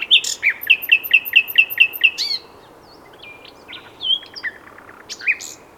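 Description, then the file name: Common nightingale song: a quick run of repeated bright notes, then scattered whistles and short chirps after a brief pause. "Luscinia megarhynchos"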